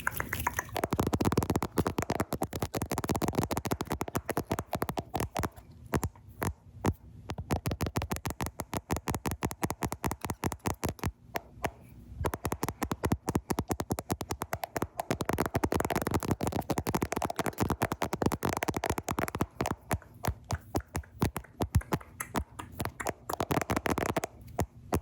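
Rapid, irregular tapping on a camera, dense clusters of sharp knocks with brief gaps near six and twelve seconds, thumping low and full.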